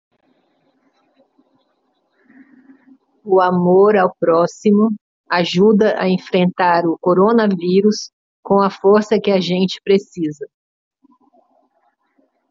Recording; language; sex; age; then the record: spoken sentence; Brazilian Portuguese; female; 50 to 59 years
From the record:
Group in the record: control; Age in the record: 57 years